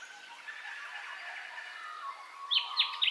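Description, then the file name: Birds calling in a dense chorus, a soft twittering blend joined near the end by a louder, rapid series of sharp downward chirps. Dawn birdcall ambience, in stereo. "AMBIENCE DAWN BIRDCALLS 03 STEREO"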